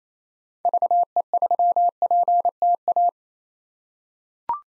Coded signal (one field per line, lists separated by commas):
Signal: Morse code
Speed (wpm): 28 wpm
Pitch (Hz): 700 Hz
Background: none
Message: VE3PTA